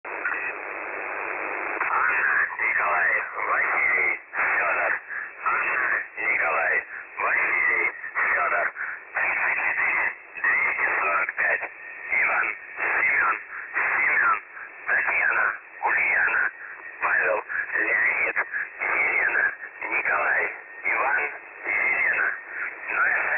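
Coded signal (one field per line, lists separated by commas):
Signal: numbers station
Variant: UVB-76, Russian voice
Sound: a man's voice over radio reading short, evenly paced words, no buzzer heard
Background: radio static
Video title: The Buzzer/UVB-76 Voice Message (December 4, 2020 10:12 UTC)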